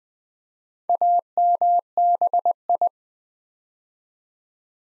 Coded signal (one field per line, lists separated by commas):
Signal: Morse code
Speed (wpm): 20 wpm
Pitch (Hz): 700 Hz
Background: none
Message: AMBI